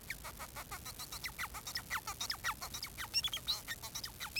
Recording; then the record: song of a male Bengalese finch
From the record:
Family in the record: son of father 4